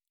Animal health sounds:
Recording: hydrophone in a shrimp aquaculture tank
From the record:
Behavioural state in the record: normal

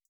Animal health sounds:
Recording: hydrophone in a shrimp aquaculture tank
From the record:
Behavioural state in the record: feeding

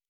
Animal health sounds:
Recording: hydrophone in a shrimp aquaculture tank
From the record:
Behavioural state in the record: normal

